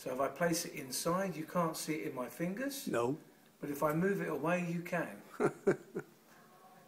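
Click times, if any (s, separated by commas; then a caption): 6.0 s. Someone talks while a coin is moved back into a coin purse and the purse's metal kiss-lock clasp on its frame is closed. The clasp gives a short, sharp click at 6.0 s as it snaps shut with the coin back inside.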